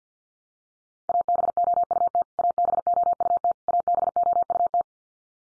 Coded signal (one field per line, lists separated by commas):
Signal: Morse code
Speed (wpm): 50 wpm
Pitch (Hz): 700 Hz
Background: none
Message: ABOUT ABOUT ABOUT